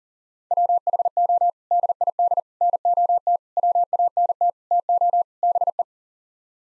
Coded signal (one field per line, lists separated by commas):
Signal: Morse code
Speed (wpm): 37 wpm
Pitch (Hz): 700 Hz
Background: none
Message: WHO DID NOT WANT TO BE